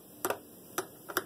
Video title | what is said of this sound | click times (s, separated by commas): How to clean a saw | Once they click, it's good. Don't tighten it anymore. | 0.2 s, 0.8 s, 1.2 s